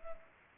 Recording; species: mosquito wingbeat signal from an infrared sensor; Culex pipiens